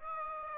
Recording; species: mosquito wingbeat signal from an infrared sensor; Aedes aegypti